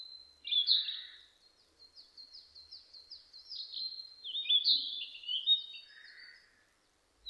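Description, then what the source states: Narcissus flycatcher song: two bursts of high whistled phrases, a run of quick repeated downslurred notes between them, with a lower buzzy note near each burst. Recorded 25 April 2006; given under the Japanese name kibitaki.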